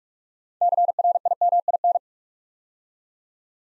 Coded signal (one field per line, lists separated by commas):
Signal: Morse code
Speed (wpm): 44 wpm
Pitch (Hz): 700 Hz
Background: none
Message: CRIMIN